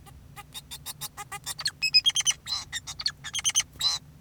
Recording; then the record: song of a male Bengalese finch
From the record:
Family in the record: son of father 2, and himself father 4